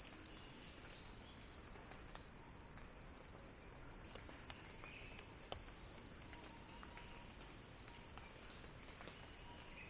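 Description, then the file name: Cicada song, a steady shrill drone without pause, with occasional sharp clicks and faint chirps underneath. Cicada song building in a crescendo. "earth-fm Axel-Drioli Cicada-Crescendo-Sounding-Wild"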